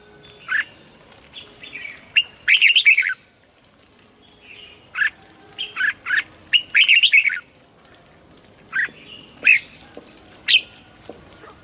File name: Tieng chao mao hue hot giong kep